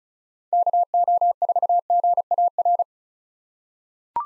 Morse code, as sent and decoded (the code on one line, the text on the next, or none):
-.- --- ....- --. .- .-.
KO4GAR